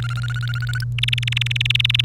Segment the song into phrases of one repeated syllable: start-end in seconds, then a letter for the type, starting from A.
0.02-0.84 A, 0.98-2.04 B